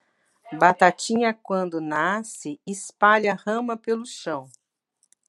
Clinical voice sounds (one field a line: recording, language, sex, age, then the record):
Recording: short text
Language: Brazilian Portuguese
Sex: female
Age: 50 to 59 years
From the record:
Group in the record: control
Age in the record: 57 years